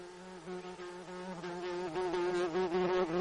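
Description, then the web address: Insect wing buzz, a steady droning hum with stacked harmonics that wavers slightly in pitch and grows louder toward the end. Recorded in Gates of the Arctic, Alaska, on 12 June 2018 around 21:03. "alaska INSECTS 20180612 210329"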